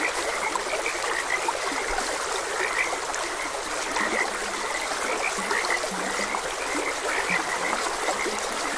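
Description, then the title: Chorus of frogs with short croaking notes over a steady background of babbling stream water. Frogs croaking beside a gentle stream. "Gentle Stream and Frogs Croaking"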